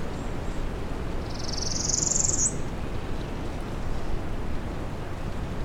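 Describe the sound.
Northern parula song: one high, buzzy trill rising steadily in pitch and ending in a sharp upward flick, over a steady low rumble of background noise.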